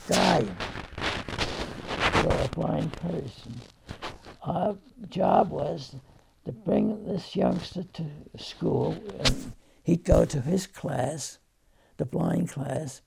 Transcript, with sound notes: guide for a blind person. (microphone is rustled) Our job was to bring this youngster to school and he'd go to his class, the blind class,